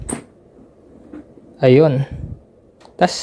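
The chin bar of a modular helmet is pressed down into the helmet shell until its latch locks closed, giving a sharp, loud click at 0.1 s. Someone talks afterward, and the chin bar is not to be forced once it is locked.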